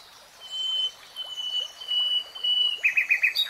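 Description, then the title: Nightingale song: drawn-out pure whistling at a steady pitch, then a quick cluster of bright repeated notes at the end. Nightingale singing, in a 3-hour real-time recording. "[Tiếng chim hót] 3 Hours REALTIME Nightingale Singing"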